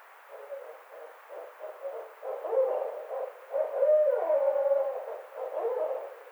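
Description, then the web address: Barred owl calling in a rapid, uneven run of short, low hoots, building to louder wavering slurred notes near the middle before dropping back to quicker hoots. Recorded 29 May 2009. "Barred Owl 2009 05 29 Barred Owl 03"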